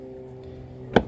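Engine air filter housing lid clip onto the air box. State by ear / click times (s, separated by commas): seated / 1.0 s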